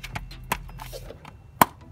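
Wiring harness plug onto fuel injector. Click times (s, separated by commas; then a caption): 0.5 s, 1.6 s. Plastic wiring harness plug connectors are pushed onto the fuel injectors of an E46 M3 during a throttle body install, with small taps and rustles before two sharp clicks at 0.5 s and 1.6 s, the second much louder. The injector connectors seat with an audible click.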